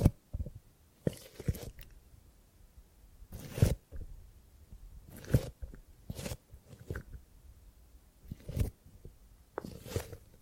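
Gripping and grabbing sounds arrive as irregular bursts of rustling and dull thumps, about every one to two seconds. The strongest grabs land near 3.5, 5.5 and 8.5 seconds, each with a soft low thud. Between them are quiet gaps with faint handling noise.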